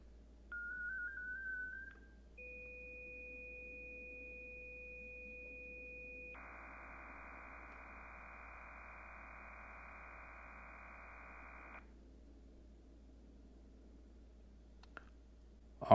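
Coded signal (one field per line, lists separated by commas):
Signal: MT63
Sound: short wavering tone, two steady tones together, then dense rushing multitone hiss for five seconds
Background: quiet room, handling clicks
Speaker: the phone is also running the same mt63 modem and that it's in listening mode so we're gonna go ahead and hit the uh transmit button and again it's not really transmitting because there's no radio connected here it's just gonna play audio tones over the speaker on this laptop and the microphone on this phone will pick it up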